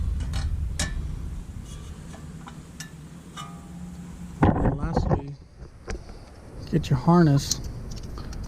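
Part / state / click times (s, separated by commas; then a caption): electric parking brake caliper harness connector into caliper socket / not seated / none. Someone handles the wiring harness connector for the electric parking brake caliper motor on the rear brakes of a Civic Type R, bringing the plug toward its socket on the caliper. Brief plastic taps and handling knocks sound over low background noise while someone talks. Nothing has seated or clicked yet.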